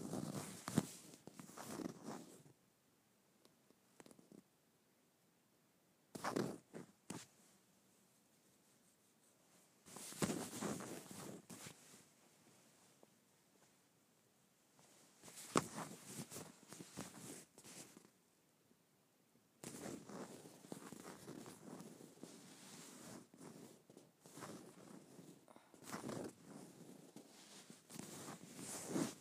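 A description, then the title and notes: Leather being scratched in short, rough bursts of dry rasping, bright, with the sound filling everything from low to high. Strokes come in clusters around the start, near 6, 10, 15 and 20 seconds, then continue more steadily to the end, separated by near-silent pauses. ASMR Scratching Leather.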